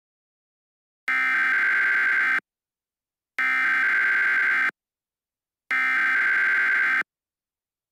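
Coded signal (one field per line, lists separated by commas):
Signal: Emergency Alert System (SAME) tones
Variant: header bursts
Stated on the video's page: Mock EAS alert, not a real broadcast.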